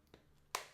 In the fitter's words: 4. All 4 corners have a very solid click onto the phone itself, so you definitely do not have to